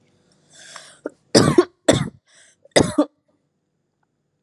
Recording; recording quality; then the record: heavy voluntary cough; excellent, no background noise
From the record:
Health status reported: healthy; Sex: female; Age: 25 years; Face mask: not worn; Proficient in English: yes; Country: India